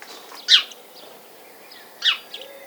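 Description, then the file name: House sparrow giving two loud single chirps about one and a half seconds apart, with faint soft notes between them. "Passer domesticus"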